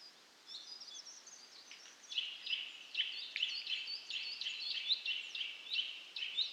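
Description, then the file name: Eurasian nuthatch giving a fast series of sharp notes, a few per second, over steady background hiss. "Sitta europaea"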